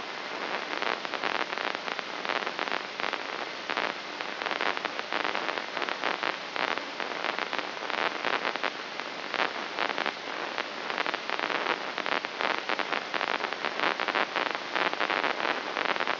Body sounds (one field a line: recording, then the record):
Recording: brain microelectrode recording played as sound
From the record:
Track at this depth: outside the subthalamic nucleus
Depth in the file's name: 2.536 mm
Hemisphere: left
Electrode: 3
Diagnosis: Parkinson's disease